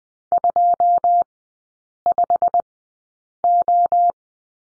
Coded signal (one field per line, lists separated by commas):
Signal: Morse code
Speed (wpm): 20 wpm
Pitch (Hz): 700 Hz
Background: none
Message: 25O